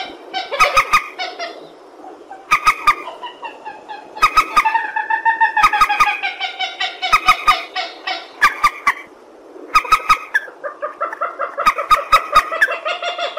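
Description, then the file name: Purple swamphen calls: harsh, nasal honking notes in bursts with sharp clicking strokes between them, and a longer rolling cackle near the middle. "tieng trich re keu"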